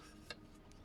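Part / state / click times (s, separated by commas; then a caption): plastic hose cover piece into a scale model car engine assembly / seated / 0.3 s. A small plastic hose cover is pressed onto the engine of an Altaya 1/8 scale Bugatti Veyron 16.4 Super Sport model kit. It snaps into place with a sharp click at 0.3 s, followed by a fainter tick at 0.7 s, and the part is seated, fitting together perfectly.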